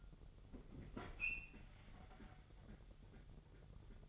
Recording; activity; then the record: daily activity, microphone in the room; open fridge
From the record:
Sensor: 4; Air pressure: 989.2 hPa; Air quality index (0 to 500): 222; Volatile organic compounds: 79 ppm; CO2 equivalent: 3600 ppm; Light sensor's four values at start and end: 26/92/34/36 and 26/91/33/35